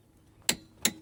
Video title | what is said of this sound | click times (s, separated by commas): Why Your Caravan Setup Could Be Dangerous | You'll know when you're at the correct tightness when you hear that little click | 0.5 s, 0.9 s